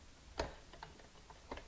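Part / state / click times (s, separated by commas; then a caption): locking bar into notch on view camera rear standard / seated / 0.4 s. A locking bar on the rear standard of a wooden Canham 8x10 view camera is pushed back into a small notch after the standard is pushed up, seating with a sharp click at 0.4 s as it locks in place. Fainter ticks follow at about 0.8 s and 1.5–1.6 s.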